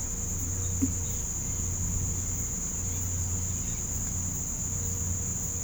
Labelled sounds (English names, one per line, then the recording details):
none
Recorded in pastures near Puerto Asís, Putumayo, Colombia, on 21 December 2024 at 06:30
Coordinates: 0.505, -76.324
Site G063